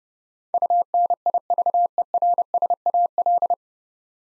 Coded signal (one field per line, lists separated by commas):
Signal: Morse code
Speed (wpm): 28 wpm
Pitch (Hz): 700 Hz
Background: none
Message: UNIVERSAL